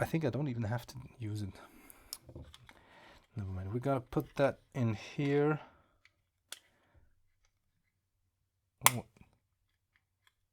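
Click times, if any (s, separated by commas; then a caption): 8.9 s. Someone talks, then a self-defense pepper spray device is pushed into its carrier or holster and snaps into place with a sharp click at 8.9 s. A few faint ticks follow as the device seats.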